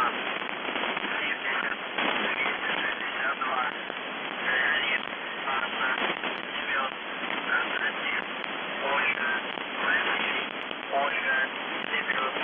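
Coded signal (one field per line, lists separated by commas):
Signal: numbers station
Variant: UVB-76, Russian voice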